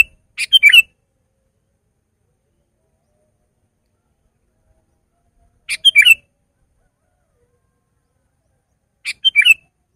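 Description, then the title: Sooty-headed bulbul uttering three brief liquid chirped phrases, separated by long pauses of several seconds, in otherwise silent surroundings. "kutilang"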